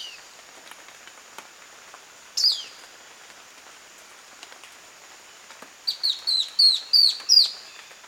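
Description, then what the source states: Black-throated antbird calls: one sharp high note, then after a pause a quick run of six high, inflected notes, with a steady high hiss throughout. Male, recorded 22 June 2008.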